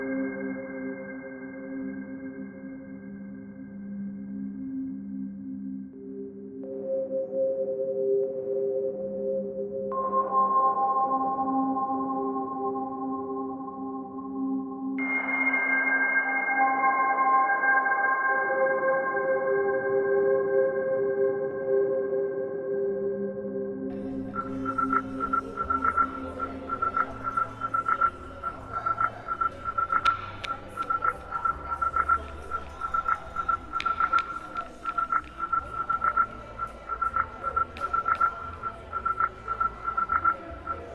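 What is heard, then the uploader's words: A synthesized space-flight melody opens with sustained, organ-like chords that step to new pitches every five seconds or so. At about 24 seconds a deep rumble and fast, regular pulsing take over beneath a steady high tone, staying dense and loud to the end. The episode starts with a pre-launch check, liftoff, the melody of space flight.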